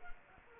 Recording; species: mosquito wingbeat signal from an infrared sensor; Culex quinquefasciatus